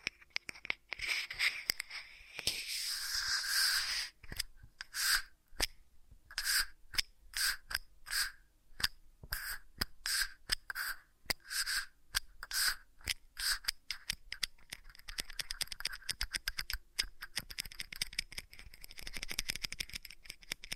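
Ear massage sounds: crisp, bright rubbing and scratching in quick irregular bursts, with sharp clicks and taps scattered throughout. A denser swell of rustling builds in the first four seconds, then the strokes thin into short separate touches with small pauses between them.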